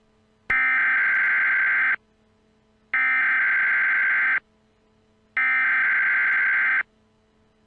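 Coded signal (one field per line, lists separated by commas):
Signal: Emergency Alert System (SAME) tones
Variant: header bursts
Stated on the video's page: Fictional EAS scenario, not a real alert.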